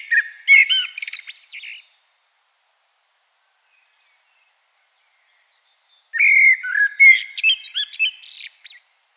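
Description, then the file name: Common blackbird singing two phrases separated by a long pause, each a fluted warble laced with shrill, high-pitched squeaky notes. "Turdus merula"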